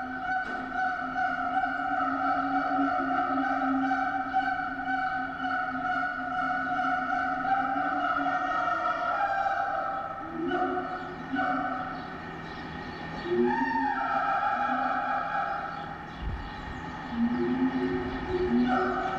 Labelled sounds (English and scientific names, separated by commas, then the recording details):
Siamang (Symphalangus syndactylus)
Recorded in captivity
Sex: pair
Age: adult
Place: Zoo Berlin, Berlin, DE
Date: 1984-09-28 11:45
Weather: heiter, 14°C
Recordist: Tembrock, Günter
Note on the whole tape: Paar-Duette. Tiere halten sich innen auf. Aufnahmen von außen